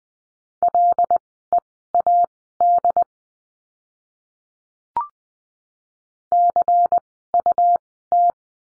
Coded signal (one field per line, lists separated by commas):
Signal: Morse code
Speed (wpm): 20 wpm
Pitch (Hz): 700 Hz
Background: none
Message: LEAD CUT